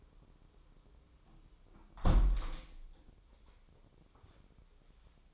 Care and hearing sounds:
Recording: daily activity, microphone in the room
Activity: close window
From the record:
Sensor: 1

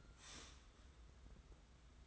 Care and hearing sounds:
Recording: daily activity, microphone in the room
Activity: start toaster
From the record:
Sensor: 3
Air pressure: 991.6 hPa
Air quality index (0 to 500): 182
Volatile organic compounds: 1000 ppm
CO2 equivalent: 6072 ppm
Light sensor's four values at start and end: 42/118/48/42 and 42/118/48/42

